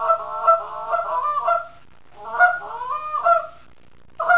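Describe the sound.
Canada goose calls: overlapping nasal honks in bursts separated by brief quiet gaps.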